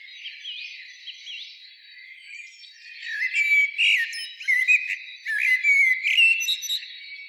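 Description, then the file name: Common blackbird with quiet warbles at first, then louder fluty whistled notes interleaved with high squeaky twitters over the final four seconds. "Turdus merula"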